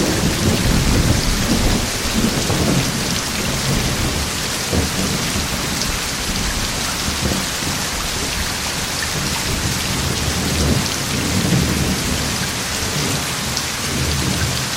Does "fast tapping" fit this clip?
no